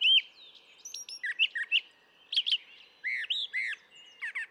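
Brown thrasher song: slurred whistles and sharp notes in varied short phrases, some doubled, including two arching whistles near the end.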